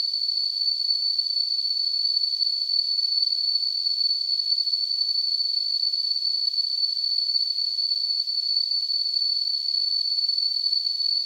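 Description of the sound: A steady, unbroken high-pitched tone, heard as a piercing whistle, sits over a soft hiss for the full eleven seconds without pulsing or changing pitch. It is a simulation of tinnitus, the constant ringing or hissing in the ears that has no outside source.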